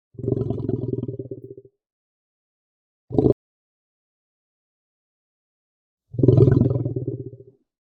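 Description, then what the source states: Lion moaning: a long, deep, rough grunting moan, a short burst, then another drawn-out guttural moan after a pause of silence. Guttural, slow moan.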